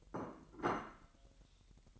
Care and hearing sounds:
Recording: daily activity, microphone in the room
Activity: place plate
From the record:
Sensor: 3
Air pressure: 1002.0 hPa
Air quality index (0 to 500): 248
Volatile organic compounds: 52 ppm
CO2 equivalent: 3324 ppm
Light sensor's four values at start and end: 12/36/15/13 and 12/36/15/13

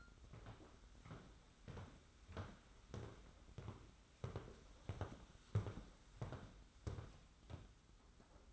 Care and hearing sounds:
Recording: daily activity, microphone in the room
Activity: walk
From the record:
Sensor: 3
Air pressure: 991.6 hPa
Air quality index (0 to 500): 181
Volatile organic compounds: 1000 ppm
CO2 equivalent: 6050 ppm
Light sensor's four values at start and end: 38/110/44/39 and 37/107/43/38

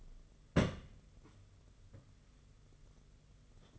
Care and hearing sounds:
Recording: daily activity, microphone in the room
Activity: place on stove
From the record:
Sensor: 4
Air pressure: 995.4 hPa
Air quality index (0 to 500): 214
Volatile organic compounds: 251 ppm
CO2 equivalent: 4362 ppm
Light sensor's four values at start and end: 24/76/28/31 and 24/76/28/31

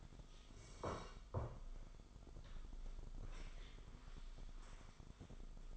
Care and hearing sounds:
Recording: daily activity, microphone in the room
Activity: sit down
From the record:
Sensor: 5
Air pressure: 1005.1 hPa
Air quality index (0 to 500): 106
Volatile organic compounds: 2 ppm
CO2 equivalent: 1296 ppm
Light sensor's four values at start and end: 34/80/32/30 and 35/80/32/30

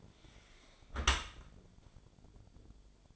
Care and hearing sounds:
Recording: daily activity, microphone in the room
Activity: close dishwasher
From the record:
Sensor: 5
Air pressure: 1006.8 hPa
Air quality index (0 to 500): 186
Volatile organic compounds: 5 ppm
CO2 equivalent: 1778 ppm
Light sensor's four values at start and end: 53/147/58/58 and 52/144/57/57

